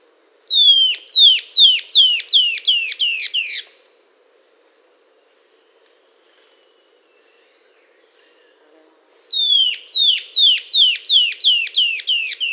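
Bird calling in two bursts of several quick descending notes, separated by a long pause, over a constant high-pitched drone.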